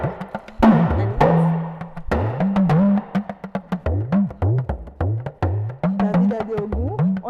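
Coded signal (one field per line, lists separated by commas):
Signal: talking drum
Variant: Yoruba gangan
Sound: rapid drum strokes with low pitch gliding up and down like speech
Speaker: tout ce que nous jouons on doit on doit on doit le dire j'ai joué quelque chose tout à l'heure c'est des proverbes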